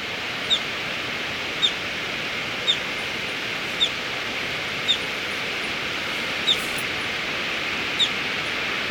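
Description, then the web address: Violet-fronted brilliant repeating short, thin, high chips, seven notes against a loud, continuous hiss. Ecuador. "Natures Songs S America Birds of Ecuador Violet-fronted Brilliant"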